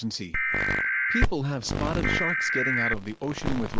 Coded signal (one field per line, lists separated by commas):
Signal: Emergency Alert System (SAME) tones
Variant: header bursts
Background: speech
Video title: SHARKS - EAS PARODY